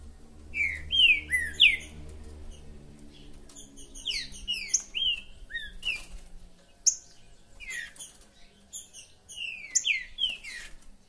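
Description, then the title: Green-winged saltator song: bursts of slurred whistles mixed with sharp high chips, repeated in several phrases over a faint low hum. Chirping, singing and territorial calls in a contest between two birds, used to warm up a bird for competition. "Macheando na DISPUTA|Diplomata vs Águia"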